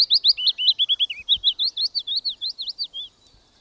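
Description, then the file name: Willow warbler song: a phrase of rapid, liquid whistled notes at a fairly even pitch, ending after about three seconds. "pouillotfitis"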